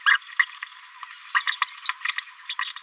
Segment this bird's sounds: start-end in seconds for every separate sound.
0.06-0.17, 0.39-0.45, 1.34-1.41, 1.47-1.50, 1.61-1.70, 1.85-1.93, 2.07-2.13, 2.49-2.54, 2.61-2.72, 2.76-2.80